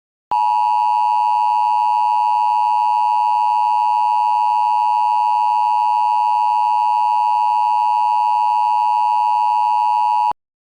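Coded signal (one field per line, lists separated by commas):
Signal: Emergency Alert System (SAME) tones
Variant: 853 and 960 Hz attention tone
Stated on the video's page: Mock recreation of a tornado alert, not an actual broadcast.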